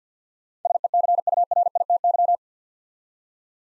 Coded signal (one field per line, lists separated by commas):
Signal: Morse code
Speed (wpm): 49 wpm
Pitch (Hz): 700 Hz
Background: none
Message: SECURITY